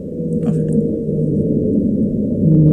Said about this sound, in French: Oui, bah, écoutez, bleues, par exemple, on peut écouter justement le son de la baleine bleue pour avoir une comparaison.